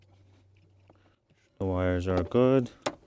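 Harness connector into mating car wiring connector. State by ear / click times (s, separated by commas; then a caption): not seated / none. A plastic wiring harness connector for a retrofit wireless CarPlay unit is handled near the mating wiring connector in a BMW i3. Faint small handling ticks come through a low steady hum before someone talks. Nothing has seated or clicked yet.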